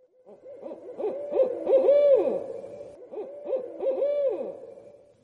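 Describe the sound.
Barred Owl caterwauling: two bouts of hoots and wavering calls that rise and fall.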